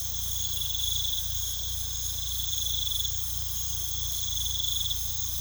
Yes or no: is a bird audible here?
no